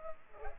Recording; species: mosquito wingbeat signal from an infrared sensor; Culex pipiens